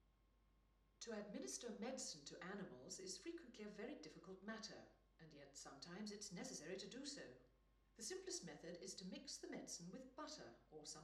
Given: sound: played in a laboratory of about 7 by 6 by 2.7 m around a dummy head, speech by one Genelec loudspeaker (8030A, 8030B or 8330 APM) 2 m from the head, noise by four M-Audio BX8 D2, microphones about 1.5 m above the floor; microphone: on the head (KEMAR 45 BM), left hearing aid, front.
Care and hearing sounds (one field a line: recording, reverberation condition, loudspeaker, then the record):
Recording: female speech in English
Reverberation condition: medium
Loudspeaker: 30 degrees to the left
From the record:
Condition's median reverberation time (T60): about 510 ms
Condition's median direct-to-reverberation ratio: about -0.5 dB